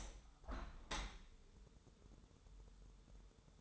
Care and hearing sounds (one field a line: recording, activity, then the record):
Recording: daily activity, microphone in the room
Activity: open window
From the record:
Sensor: 3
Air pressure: 1014.9 hPa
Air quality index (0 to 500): 29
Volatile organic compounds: 1 ppm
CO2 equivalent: 525 ppm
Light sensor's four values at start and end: 10/23/9/9 and 10/23/9/9